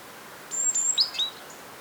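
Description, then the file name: Great tit calls: a few very high, thin whistled notes, some sliding downward, packed into under a second over faint steady background hiss. "Parus major"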